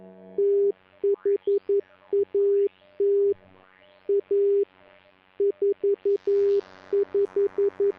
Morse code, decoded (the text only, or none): THAT A 45